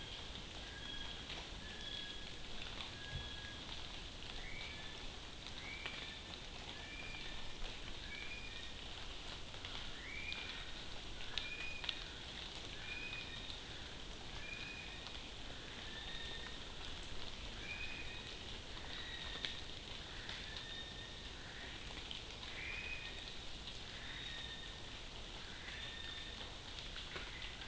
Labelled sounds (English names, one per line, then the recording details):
North Island Brown Kiwi male call
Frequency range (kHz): North Island Brown Kiwi 1.2-4.9 kHz
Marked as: faintness 3/5
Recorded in New Zealand on 12 June 2014
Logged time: 02:19